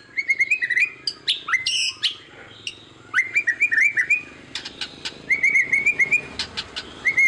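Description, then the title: White-rumped shama song: phrases of short repeated whistles with sharp clicks and a few higher notes. Song used as a lure to make other birds respond; described as a lively, constantly singing bird. "PANCINGAN MURAI BATU GACOR"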